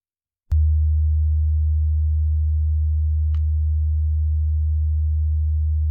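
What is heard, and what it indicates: A steady, deep, resonant droning hum starts abruptly and holds unchanged for about five seconds, with a faint click midway. It is a simulated reproduction of a persistent low-frequency humming sound that a man perceives at home in Vesterbro; low-frequency tinnitus is one possible explanation.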